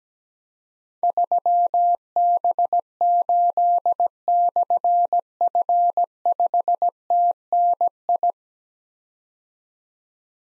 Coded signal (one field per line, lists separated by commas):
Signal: Morse code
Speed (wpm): 17 wpm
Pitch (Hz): 700 Hz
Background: none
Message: 3B8/F5TNI